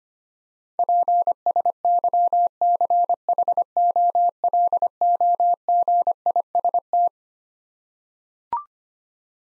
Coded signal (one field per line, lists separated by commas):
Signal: Morse code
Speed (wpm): 25 wpm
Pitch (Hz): 700 Hz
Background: none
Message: PSYCHOLOGIST